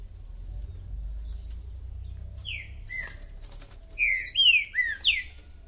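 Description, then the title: Green-winged saltator song: a few short slurred whistles, then a burst of loud falling and rising whistled notes near the end, over low rumbling noise and wing flutters. Chirping, singing and territorial calls in a contest between two birds, used to warm up a bird for competition. "Macheando na DISPUTA|Diplomata vs Águia"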